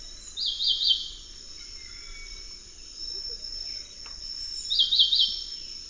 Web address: Natures Songs S America Eastern Lowlands Henicorhina leucosticta, song